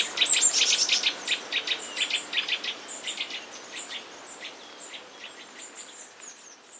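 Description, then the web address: Passerine chirps: a rapid series of high, repeated notes, loudest at first and fading toward the end. Recorded 23 July 2017. "wroblowe teka mies 23 07 2017"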